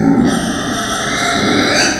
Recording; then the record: squeal of a Yucatan mini pig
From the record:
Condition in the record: before surgery on the right vocal fold (resection and tissue-engineered implant); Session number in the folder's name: 3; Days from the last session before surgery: 0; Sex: female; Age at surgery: 19 weeks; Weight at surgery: 25 kg